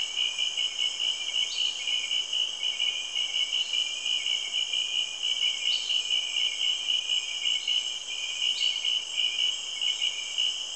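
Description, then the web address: Insect chorus of rapid, even high pulses, with several rising chirps above the drone. Recorded in Cameroon, Africa. "BBC Sound Effects Library BBC 30-Africa - Natural World Cameroun, Insects And Frogs"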